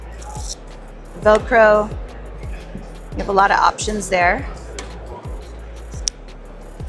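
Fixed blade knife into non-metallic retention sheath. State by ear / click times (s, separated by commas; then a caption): seated / 6.1 s. A fixed blade knife is pushed into a non-metallic retention sheath and snaps home with a sharp, satisfying little click at 6.1 s. Someone talks over a steady background with regular low thumps, and the knife is seated firmly in the sheath.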